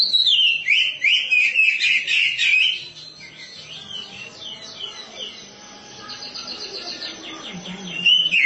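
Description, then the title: Oriental magpie-robin song opening with loud, fast warbled whistles and buzzy trills, then a quieter stretch of softer chatter before a strong phrase returns at the end. Oriental magpie-robin (kacer) song. "Suara Kicauan Burung Kacer"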